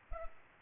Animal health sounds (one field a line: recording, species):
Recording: mosquito wingbeat signal from an infrared sensor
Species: Culex pipiens